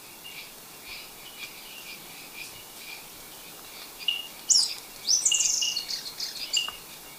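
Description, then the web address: Yellow-bellied chat-tyrant calls: several very high, thin notes, some sharply rising or falling, clustered in the second half over faint background sounds. Recorded in Ecuador. "Birds of Ecuador Yellow-bellied Chat-Tyrant"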